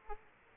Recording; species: mosquito wingbeat signal from an infrared sensor; Aedes aegypti